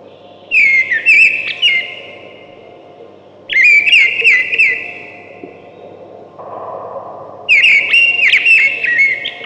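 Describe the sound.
Thrush singing loud whistled phrases, each lasting about two seconds, separated by pauses of one to two seconds, over a faint low hum.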